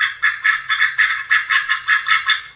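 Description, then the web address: Mallard quacking, a rapid even series of nasal quacks, with no other sounds. "mallard duck mike koenig"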